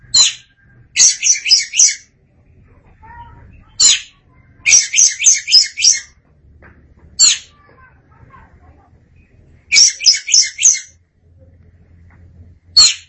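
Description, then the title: Oriental magpie-robin producing rapid series of grating high notes alternating with single sharp calls, over a faint low hum. "Suara Kicauan Burung Kacer Durasi Panjang"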